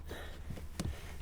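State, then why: Partly seated. A metal and rubber brake pedal cover is pressed onto the brake pedal of a Tesla Model 3. Over a low background hum, a sharp knock lands at 0.8 s. The cover is not yet fully seated.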